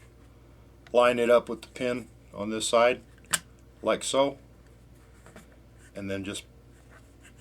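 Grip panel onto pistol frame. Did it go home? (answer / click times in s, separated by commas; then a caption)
no / none. A grip panel is lined up with the pin on the inside of the grip of an H&K P7 pistol frame during reassembly and pushed back, while someone talks. Faint ticks sound near 5.3 and 5.5 seconds, but the clip ends before the panel goes home, and nothing has seated or clicked into place yet.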